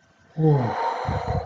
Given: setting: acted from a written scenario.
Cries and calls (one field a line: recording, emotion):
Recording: vocal sound without words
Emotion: awe